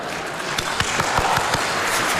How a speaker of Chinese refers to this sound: 你不得不鼓掌，对不对？嘿，这就是学问。